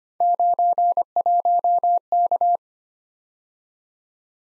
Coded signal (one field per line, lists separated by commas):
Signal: Morse code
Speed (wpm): 25 wpm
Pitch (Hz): 700 Hz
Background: none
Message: 91K